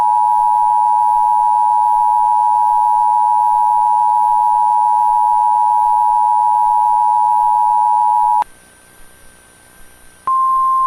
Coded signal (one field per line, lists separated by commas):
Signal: Emergency Alert System (SAME) tones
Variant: 853 and 960 Hz attention tone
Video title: EAS Scenario - Second 9/11 (9/11/2031)